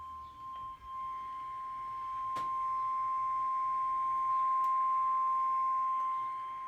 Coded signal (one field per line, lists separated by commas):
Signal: Emergency Alert System (SAME) tones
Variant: 1050 Hz attention tone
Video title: Required Weekly Test (EAS 377)